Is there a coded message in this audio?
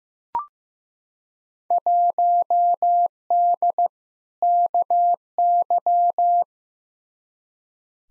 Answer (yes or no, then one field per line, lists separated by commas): yes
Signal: Morse code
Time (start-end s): 1.7-6.4 s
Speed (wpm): 15 wpm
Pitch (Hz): 700 Hz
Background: none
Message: 1D KY